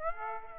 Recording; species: mosquito wingbeat signal from an infrared sensor; Aedes aegypti